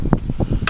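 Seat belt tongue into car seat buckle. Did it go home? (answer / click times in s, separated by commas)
no / none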